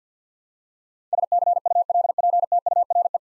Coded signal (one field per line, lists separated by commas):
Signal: Morse code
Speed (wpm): 45 wpm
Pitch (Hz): 700 Hz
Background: none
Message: SCULPTURE